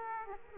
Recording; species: mosquito wingbeat signal from an infrared sensor; Aedes aegypti